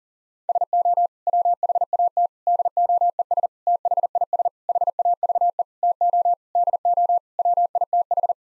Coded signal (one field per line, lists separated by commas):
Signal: Morse code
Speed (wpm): 37 wpm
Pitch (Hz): 700 Hz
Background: none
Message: SO WHAT DOES THIS HAVE TO DO WITH